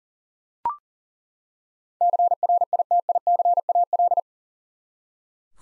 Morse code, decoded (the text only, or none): CRITICAL